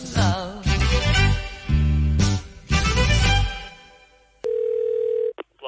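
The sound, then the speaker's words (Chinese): Music plays and cuts off, then a telephone line rings with a steady, mid-pitched electronic tone lasting about a second, a short gap, and the ring starting again, as Hong Kong radio station RTHK Radio 2's morning show calls a listener for its Morning Call. “咁就啱啦，我哋系香港电台第二台晨光第一线打嚟嘅晨光 Morning Call。”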